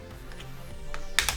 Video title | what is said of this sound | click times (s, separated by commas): The Most Modular Airsoft Gun Ever Made - Arcturus CAT Series - Airsoft GI | There it is, right there. So snaps right into place. | 1.2 s